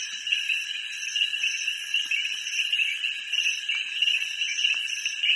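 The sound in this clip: Frog chorus: unbroken high-pitched trilling with a pulsing upper layer.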